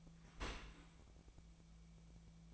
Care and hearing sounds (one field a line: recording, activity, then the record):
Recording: daily activity, microphone in the room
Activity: open dishwasher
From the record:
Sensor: 1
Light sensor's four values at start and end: 11/26/11/12 and 11/26/11/12